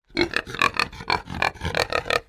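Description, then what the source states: Kunekune pigs grunting and snorting: a rapid run of short, rough grunts. Two kunekune pigs, grunting and snorting.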